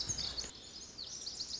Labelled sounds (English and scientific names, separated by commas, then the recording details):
Lazuli Bunting (Passerina amoena)
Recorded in Sonoma County, California